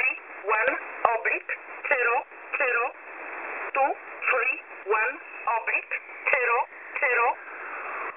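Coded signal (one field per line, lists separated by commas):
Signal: numbers station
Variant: E11 Oblique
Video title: E11 Oblique 14/02/2023 1605 UTC 5432kHz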